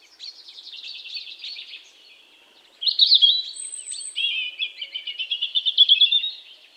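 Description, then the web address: European robin song in two phrases: a rippling high warble, a short pause, then a louder, sweet, wavering series of fast trills and thin notes. "SETE data Erithacus rubecula"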